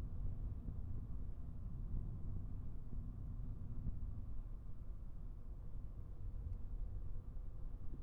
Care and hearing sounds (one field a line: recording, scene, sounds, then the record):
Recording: everyday scene through a hearing-aid microphone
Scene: in a vehicle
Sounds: engine, traffic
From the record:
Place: Skoda Fabia, gasoline engine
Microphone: behind the ear, right, front